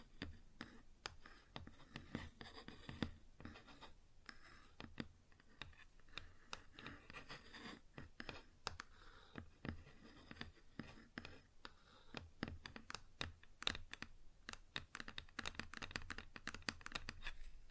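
Fingers tap and scratch on a wooden surface in quick, uneven bursts of sharp clicks, with brief scraping patches between the taps throughout.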